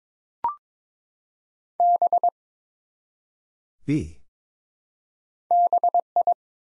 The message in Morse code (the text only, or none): B BI